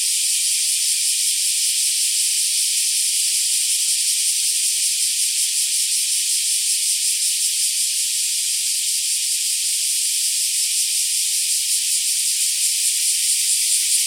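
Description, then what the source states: Black cicadas in a steady, piercing buzzing chorus, running without interruption. More than one black cicada.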